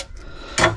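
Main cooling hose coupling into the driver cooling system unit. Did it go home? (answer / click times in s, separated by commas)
yes / 0.6 s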